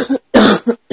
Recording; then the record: coughing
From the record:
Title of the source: 60 coughing still (deep and wet cough)